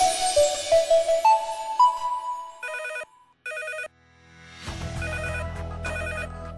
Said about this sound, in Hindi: अचानक उस सन्नाटे में फोन की घंटी बजी।